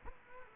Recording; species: mosquito wingbeat signal from an infrared sensor; Aedes aegypti